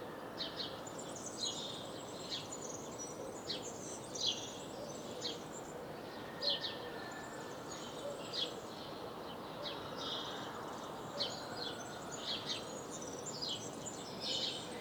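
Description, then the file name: House sparrow chirps, a long irregular stream of short bright notes with occasional louder ones, over constant background noise. "Passer domesticus"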